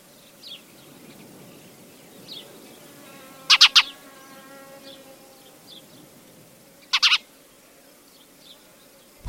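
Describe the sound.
Spanish sparrow chirps, two bursts of sharp chirps several seconds apart, with scattered faint chirps and a steady low droning tone throughout.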